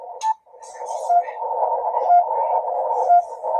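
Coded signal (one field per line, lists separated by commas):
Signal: radio time signal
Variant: RWM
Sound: hissing static with three short clean beeps, one each second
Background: radio static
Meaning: Each short tick marks one second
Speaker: The other frequency to shoot for is 9996. There you go. Pretty strong. The S meter actually gets up.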